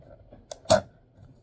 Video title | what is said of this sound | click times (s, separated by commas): How to install Magpul Ranger and L plates on USGI magazines. | There you go. You hear it click in. | 0.7 s